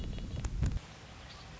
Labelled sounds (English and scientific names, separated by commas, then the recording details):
Red-winged Blackbird (Agelaius phoeniceus)
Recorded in Sonoma County, California